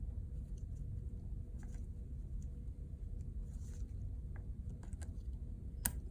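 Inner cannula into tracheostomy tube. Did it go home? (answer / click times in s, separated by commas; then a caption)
yes / 5.9 s. A caregiver pushes a cleaned plastic inner cannula back into a tracheostomy tube over a low steady hum, with a few faint soft ticks along the way. A sharp, distinct click at 5.9 s marks the inner cannula locking into place, confirming it is seated.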